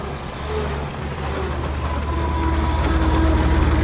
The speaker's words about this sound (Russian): Едет грузовая машина.